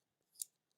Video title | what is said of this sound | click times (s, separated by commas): MAY 2026 NEW KNIFE RELEASES! MULTI-KNIFE GIVEAWAYS! LIVE KNIFE TALK! | Push this dude out. Is it locked? Oh, there you go. You push it down, | 0.4 s